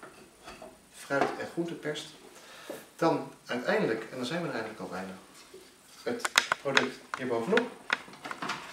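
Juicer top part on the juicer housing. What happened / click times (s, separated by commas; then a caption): The top part is being handled but has not yet seated / none. Someone talks while handling the plastic top part of a Tefal Infiny Press juicer, placing it on the juicer housing to turn it until it is tight and clicks into place. Short knocks and rattles of handling come through between the words. Nothing has seated or clicked yet.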